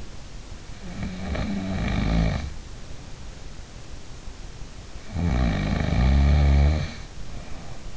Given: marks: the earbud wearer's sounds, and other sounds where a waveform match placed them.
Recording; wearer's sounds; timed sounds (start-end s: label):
sounds in sleep by an in-ear microphone; snoring breath
0.67-3.19 s: snoring breath
5.13-7.97 s: snoring breath